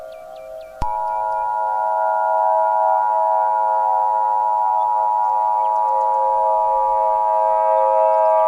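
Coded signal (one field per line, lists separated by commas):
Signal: Emergency Alert System (SAME) tones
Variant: 853 and 960 Hz attention tone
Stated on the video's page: Fictional Star Wars-themed EAS scenario, remastered preview.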